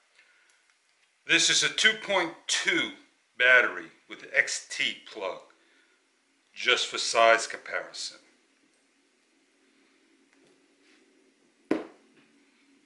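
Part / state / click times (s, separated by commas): RC car battery into plastic chassis battery holder / seated / 11.7 s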